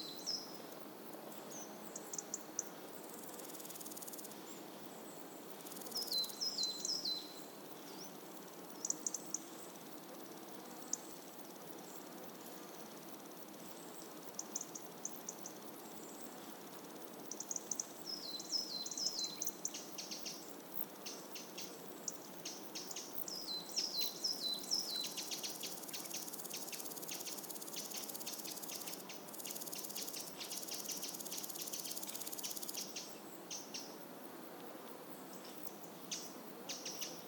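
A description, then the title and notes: Insects buzz and click close by in a warm summer morning, with birds chirping in the background. Quick bright trills and tweets repeat around 6, 18–19 and 25 seconds over a steady soft hiss, and rapid clicking fills the stretch from about 24 to 33 seconds. Warm Summer Morning. A warm summer soundscape in an early morning revealing a variety of close insects and birds in the background. This place is an ancient neolithic era settlement: there are monoliths nearby. Field recording by Steven Baber.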